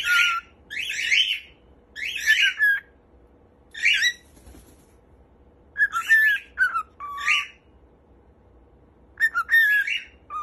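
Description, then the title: Cockatiel calls: harsh, scratchy squawks in uneven bursts, with a few short whistled notes mixed in and quiet pauses between. Several cockatiels singing and whistling. "Calopsitas Cantando Assobio"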